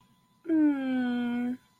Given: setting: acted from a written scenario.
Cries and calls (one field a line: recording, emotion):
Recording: vocal sound without words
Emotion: sympathy